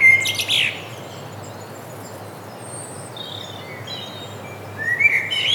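Bird song in short twittering bursts, a quick rising chirpy phrase at the start, faint high notes in between, then another rising warble at the end; low steady background hum.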